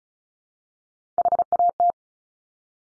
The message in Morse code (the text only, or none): HAT